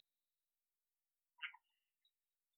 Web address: Agalychnis callidryas